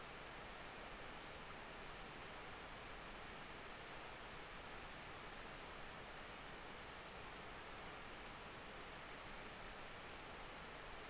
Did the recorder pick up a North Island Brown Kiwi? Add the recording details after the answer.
no. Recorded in New Zealand on 10 October 2014. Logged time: 22:59. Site DE66